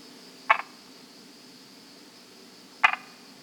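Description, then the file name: Brauer's tree frog giving two short, rasping croaks a couple of seconds apart, each a quick cluster of pulses, over a faint steady high-pitched hum. "Polypedates braueri"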